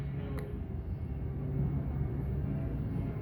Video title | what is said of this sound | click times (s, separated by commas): Magliner 24V Transaxle Kit Assembly | throttle will plug into the square one you'll hear a click to know that it's in and | 0.4 s